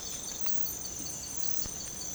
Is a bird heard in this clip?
no